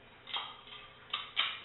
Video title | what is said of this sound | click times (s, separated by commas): Swiss M84 Canteen Review | these flip up and lock into place | 1.1 s, 1.4 s